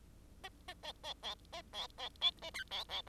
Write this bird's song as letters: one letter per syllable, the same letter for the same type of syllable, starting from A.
A A A B B A B B C A D B B